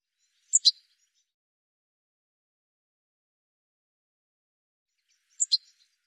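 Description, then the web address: Bird calls, two high doubled chirps about five seconds apart, separated by silence. "cianscape birddata"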